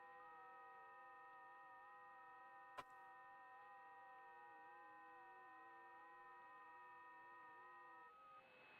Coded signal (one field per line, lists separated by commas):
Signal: FT8